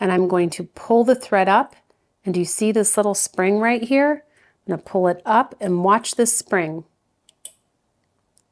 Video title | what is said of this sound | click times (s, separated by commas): Sewing Like It's 1955: A Guide to the Singer 201K | did you hear that click | 7.4 s